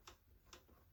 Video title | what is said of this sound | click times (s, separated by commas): BLOWN UP 5HP Briggs and Stratton Engine Rebuild - Will it Run? | You can hear that click. So they're down to 110. | 0.5 s